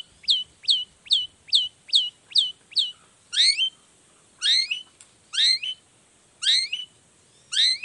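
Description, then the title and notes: Long-tailed shrike song of several rapid descending whistled notes in quick series, then slower, fuller slurred phrases spaced roughly one second apart. Singing loudly in the morning with varied 'toet toet' sounds, prompting other shrikes to respond. "Cendet Gacor Dor Di Kala Pagi Toet Toet Variasi Suara. Cendet Gacor Pagi Hari Biangnya Bikin Cendet Manapun Langsung On Nyaut. Burung cendet"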